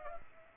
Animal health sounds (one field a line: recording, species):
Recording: mosquito wingbeat signal from an infrared sensor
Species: Culex pipiens